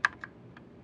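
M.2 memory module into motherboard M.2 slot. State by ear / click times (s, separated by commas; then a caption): seated / 0.0 s. An Optane M.2 memory module, held by its sides and lined up by its notches, is pushed into a motherboard M.2 slot. A sharp click at 0.1 s is followed by two fainter ticks near 0.2 s and 0.6 s. The module seats in the slot.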